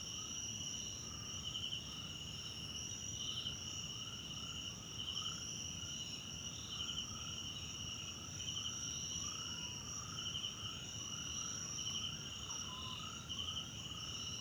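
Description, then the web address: Crickets keep up a continuous high trilling chorus while lower repeated chirps come in short bursts throughout. South African crickets, background night ambience, recorded in a wetland park at Kosi Forest Lodge, South Africa. "Tonschliff - SOUTH AFRICAN CRICKETS BG South Africa Wetland Park Kosi Forest Lodge Night"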